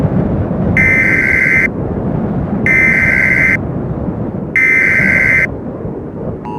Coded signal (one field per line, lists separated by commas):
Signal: Emergency Alert System (SAME) tones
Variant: header bursts